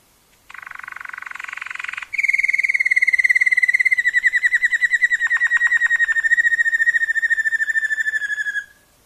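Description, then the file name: Waterslager canary song opening with a brief buzzy burst, then a long, even rolling trill that slowly falls in pitch before stopping. Song variations of a Waterslager canary. "kenari waterslager variasi omkicau"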